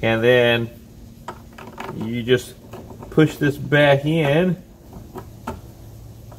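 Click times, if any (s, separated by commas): 5.5 s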